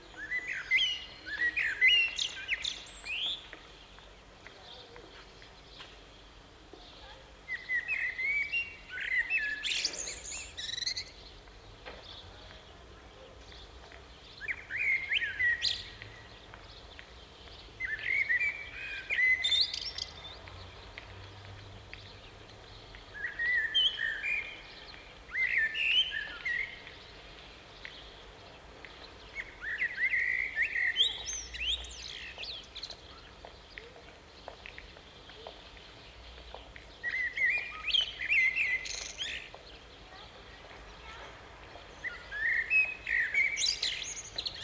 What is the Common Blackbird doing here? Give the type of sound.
song